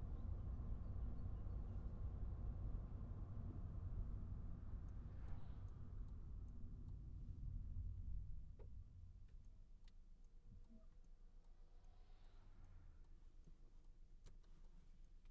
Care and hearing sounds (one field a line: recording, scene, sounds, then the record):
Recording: everyday scene through a hearing-aid microphone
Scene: in a vehicle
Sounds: engine, traffic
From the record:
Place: Skoda Fabia, gasoline engine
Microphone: behind the ear, right, rear